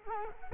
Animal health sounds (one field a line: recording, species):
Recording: mosquito wingbeat signal from an infrared sensor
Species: Culex quinquefasciatus